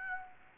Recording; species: mosquito wingbeat signal from an infrared sensor; Aedes aegypti